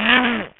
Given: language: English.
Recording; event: throat vibration sensor signal played as sound; throat clearing